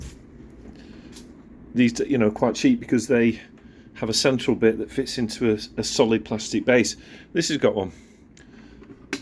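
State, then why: Seated. Someone talks as the central stem of a vintage Sanyo EF-8WSK desk fan is pushed into its solid plastic base. A sharp click is heard at 9.1 s as the stem locks into the base.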